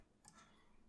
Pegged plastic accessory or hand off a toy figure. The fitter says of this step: and it acts pretty similar story just pop that off